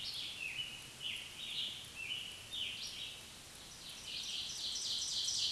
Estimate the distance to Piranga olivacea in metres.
about 55 m